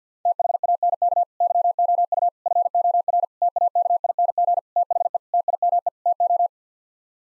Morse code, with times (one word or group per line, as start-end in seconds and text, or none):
0.3-1.2 THANK
1.4-2.3 YOU
2.5-3.2 FOR
3.4-4.6 TAKING
4.8-5.2 THE
5.3-5.9 TIME
6.1-6.5 TO